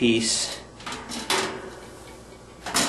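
Someone talks briefly as the last guard piece is worked into the bird cage corners, with a few knocks around 0.8, 0.9, 1.3 and 2.7 seconds. Nothing has seated or hooked in yet.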